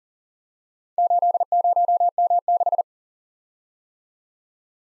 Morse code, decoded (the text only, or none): 80M6